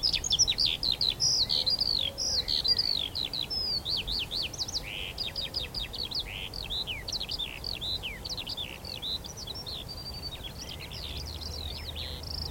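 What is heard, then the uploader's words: Skylarks pour out a dense, continuous stream of rapid, bright chirps and trills, unbroken throughout, over a steady low rumbling background. Skylarks ascending over a field of barley. We're on the northern edge of the Cotswolds in South Warwickshire – a vast open field of young barley stretches to the horizon. Recorded by Fergus Collins.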